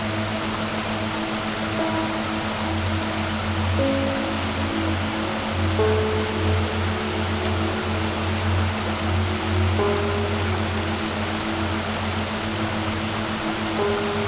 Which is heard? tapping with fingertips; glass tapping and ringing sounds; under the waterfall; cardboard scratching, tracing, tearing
under the waterfall